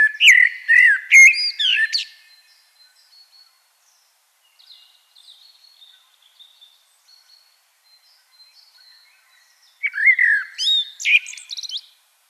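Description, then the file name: Common blackbird delivering two warbled phrases, fluty notes followed by squeaky flourishes, with faint soft twitters in the quiet stretch between. "Turdus merula"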